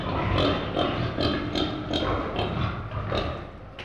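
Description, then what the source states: Pigs grunt and squeal in short, choppy bursts, a busy, noisy chorus of snorting animals. Pigs in a pen.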